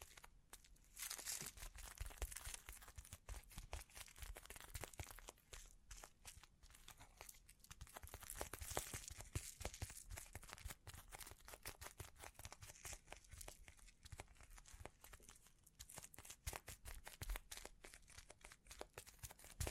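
Bling triggers: a constant stream of quick, crinkly clicks and rattles fills the whole stretch, bright and busy with a few soft low thumps mixed in. Slightly denser, sparkling flurries come around one to two seconds and again near nine seconds.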